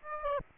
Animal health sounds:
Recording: mosquito wingbeat signal from an infrared sensor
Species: Aedes aegypti

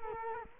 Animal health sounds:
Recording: mosquito wingbeat signal from an infrared sensor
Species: Culex quinquefasciatus

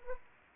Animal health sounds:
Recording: mosquito wingbeat signal from an infrared sensor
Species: Anopheles arabiensis

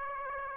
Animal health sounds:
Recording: mosquito wingbeat signal from an infrared sensor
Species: Aedes aegypti

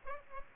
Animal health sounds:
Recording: mosquito wingbeat signal from an infrared sensor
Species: Aedes aegypti

